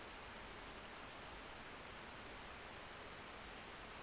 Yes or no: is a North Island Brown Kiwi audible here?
no